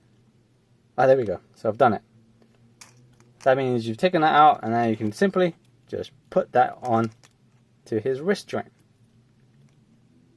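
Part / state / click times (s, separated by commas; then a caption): figure hand onto wrist joint peg / not seated / none. Someone talks while handling a swapped plastic hand for an Amazing Yamaguchi Carnage (No. 008) action figure, getting ready to push it onto the figure's ball-peg wrist joint. A few faint, small handling ticks sound between the speech, around 2.4–3.2 s and near 9.7 s. The hand has not clicked or seated onto the wrist peg yet.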